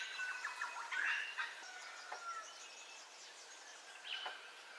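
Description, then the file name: Birds calling softly in a dense chorus, overlapping whistles and short chips at varied pitches over steady background hiss. Dawn ambience, recorded in stereo. "AMBIENCE DAWN BIRDCALLS 04 STEREO"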